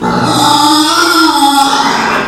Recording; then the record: squeal of a Yucatan mini pig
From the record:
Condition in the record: after surgery on the right vocal fold (resection and tissue-engineered implant); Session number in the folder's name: 12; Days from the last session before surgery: 105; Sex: female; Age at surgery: 19 weeks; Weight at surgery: 25 kg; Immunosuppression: prednisolone